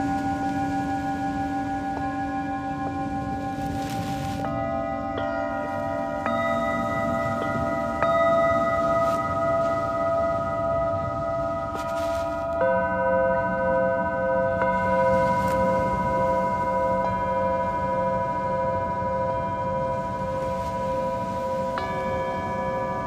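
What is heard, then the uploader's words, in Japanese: Singing bowls ring in a continuous sustained drone, long clear tones layered and overlapping. New strikes add fresh tones roughly every few seconds, around 5, 6, 8, 12, 15 and 22 seconds, with small bright clicks and taps scattered between. 秋分メキシコから シンギングボウルのサウンドヒーリング。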